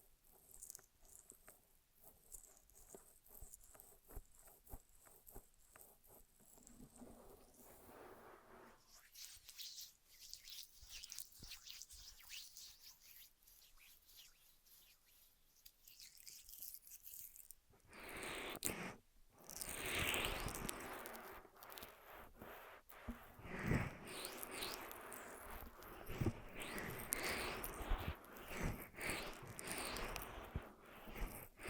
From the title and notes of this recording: ASMR 10 Ear Massages for Sleep (No Talking).